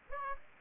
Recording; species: mosquito wingbeat signal from an infrared sensor; Aedes aegypti